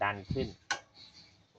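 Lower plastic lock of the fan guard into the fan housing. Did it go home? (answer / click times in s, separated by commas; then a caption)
no / none. Someone talks while pushing the lower plastic lock of a fan guard upward into the fan housing. A short, sharp broadband hit sounds at about 0.7 s, followed by faint handling noise. Nothing has seated yet; the lock is not home by the end of the clip.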